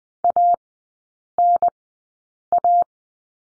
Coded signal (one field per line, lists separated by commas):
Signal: Morse code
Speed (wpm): 20 wpm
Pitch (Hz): 700 Hz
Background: none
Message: ANA